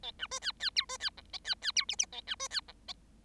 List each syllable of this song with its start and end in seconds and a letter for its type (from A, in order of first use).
0.03-0.11 A, 0.19-0.27 B, 0.31-0.39 C, 0.41-0.52 D, 0.59-0.70 D, 0.75-0.85 E, 0.89-0.97 C, 1.00-1.10 D, 1.17-1.21 F, 1.33-1.38 A, 1.44-1.55 D, 1.61-1.72 D, 1.76-1.85 E, 1.88-1.96 G, 1.98-2.06 G, 2.12-2.21 A, 2.27-2.35 B, 2.39-2.48 C, 2.50-2.61 D, 2.68-2.72 F, 2.88-2.93 A